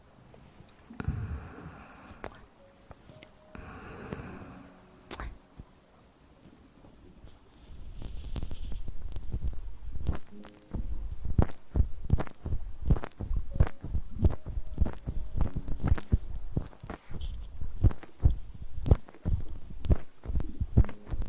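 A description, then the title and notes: Wet mouth sounds: a few breathy bursts early on, then dense, rapid clicks and smacks from about eight seconds with low thumps. Intense Mouth Sounds.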